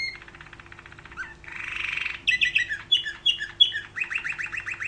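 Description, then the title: Canary singing a quick mix of trills, a short rasping buzz and sharp repeated high notes, ending in a rolling trill; a faint hum runs beneath. "Kenari"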